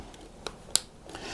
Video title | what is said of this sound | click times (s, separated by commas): How To Fix Your Godox Xpro Transmitter When It's Causing A Color Balance Shift. | push down you hear it click | 0.8 s